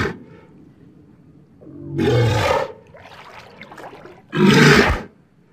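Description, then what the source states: Walrus roars: two rough, grating blasts a couple of seconds apart over a low background rumble. Antarctica.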